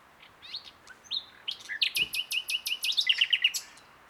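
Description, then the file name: Common nightingale song: scattered high chirps build into a loud run of rapid, repeated sharp notes lasting nearly two seconds. "Luscinia megarhynchos"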